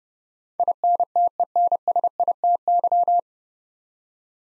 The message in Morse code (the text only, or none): INTENSITY